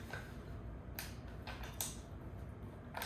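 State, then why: Not seated. A rollerblade-style WEWILL caster wheel stem is handled and pushed against a socket in a plastic office chair base, producing several short, sharp knocks around 0.1, 1.0, 1.8 and 3.0 seconds over a low steady background. The wheel has not snapped or seated into the base yet.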